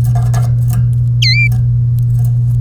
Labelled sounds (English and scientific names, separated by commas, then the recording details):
Domestic Canary (Serinus canaria) song
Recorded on 3 May 2018 at 13:24
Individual llb3